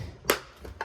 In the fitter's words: and snaps in place. So there you go.